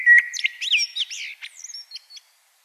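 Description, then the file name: Common blackbird song, a single phrase opening with a clear whistled note that breaks into quick squeaky twittering, fading out after about two seconds. "Turdus merula"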